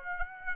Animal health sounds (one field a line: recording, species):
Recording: mosquito wingbeat signal from an infrared sensor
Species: Aedes aegypti